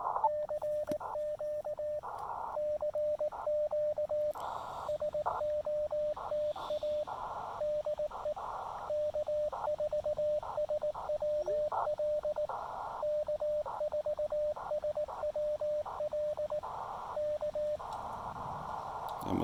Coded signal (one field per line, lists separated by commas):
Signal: Morse code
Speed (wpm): 18 wpm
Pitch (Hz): 600 Hz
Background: radio noise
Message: CQ CQ SOTA DE K4SWL K4SWL K